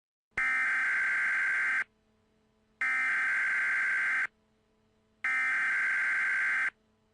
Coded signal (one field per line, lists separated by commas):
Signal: Emergency Alert System (SAME) tones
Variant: header bursts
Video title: Rare 2002 Tornado Warning EAS – La Plata, MD (Recreated)